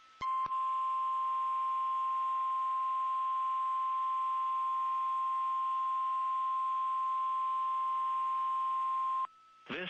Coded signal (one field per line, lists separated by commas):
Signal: Emergency Alert System (SAME) tones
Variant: 1050 Hz attention tone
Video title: [EAS #2297-#2305] KLLI Weekly Test & 2023 NWS Tsunami Communications Drill